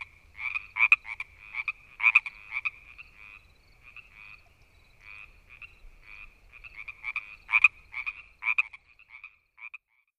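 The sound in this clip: Frog calling, a series of brief creaky chirps at a steady pitch, louder in clusters early and late, with quieter stretches between.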